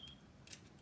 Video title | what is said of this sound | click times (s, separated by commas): Let’s Build A Whoop + OSD - Drone - Live Stream | hear it click I'm | 0.5 s